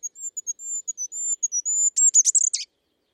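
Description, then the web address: Bird producing quick high-pitched notes, slurred and wavering, leading into a loud burst of buzzy, rasping sweeps at the end. "birddata Deverinetal 2025 Bird Only"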